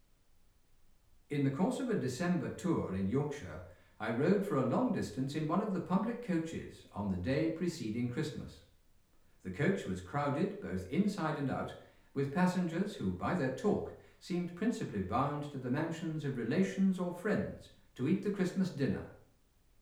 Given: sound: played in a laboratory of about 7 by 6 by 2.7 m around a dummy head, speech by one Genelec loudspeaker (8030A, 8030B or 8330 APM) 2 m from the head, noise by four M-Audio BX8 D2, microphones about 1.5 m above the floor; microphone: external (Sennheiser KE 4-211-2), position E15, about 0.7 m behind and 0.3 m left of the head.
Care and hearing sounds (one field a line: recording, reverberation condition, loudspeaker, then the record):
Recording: male speech in English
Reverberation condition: medium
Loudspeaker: 60 degrees to the right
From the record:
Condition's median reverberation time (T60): about 510 ms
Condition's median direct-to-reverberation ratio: about -0.5 dB